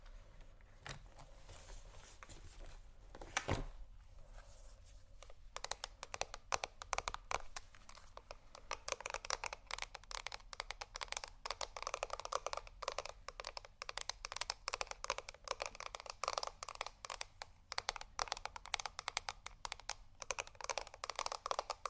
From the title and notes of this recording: ASMR Rummaging Through My Makeup Bag （No Talking）.